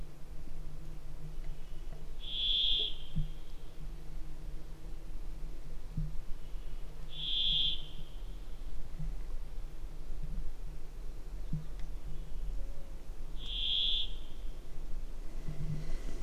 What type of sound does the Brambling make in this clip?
song